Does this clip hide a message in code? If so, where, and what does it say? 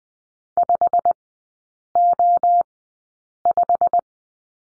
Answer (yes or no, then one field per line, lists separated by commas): yes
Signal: Morse code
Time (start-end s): 0.6-4.0 s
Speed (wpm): 20 wpm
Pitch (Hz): 700 Hz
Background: none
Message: 5O5